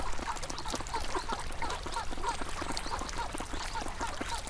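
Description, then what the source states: Duck quacks in a steady series of short, nasal calls over a constant background of flowing water. Ducks on the Taurion River at Pont de Judet, Saint-Dizier-Leyrenne (23), France.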